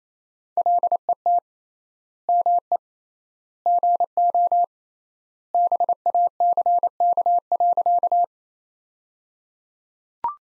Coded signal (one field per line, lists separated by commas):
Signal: Morse code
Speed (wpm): 28 wpm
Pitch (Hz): 700 Hz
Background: none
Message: LET ME GO BACK.